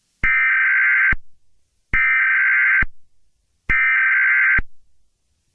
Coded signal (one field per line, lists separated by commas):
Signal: Emergency Alert System (SAME) tones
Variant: header bursts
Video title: EAS Earthquake Warning Simulation: Los Angeles, California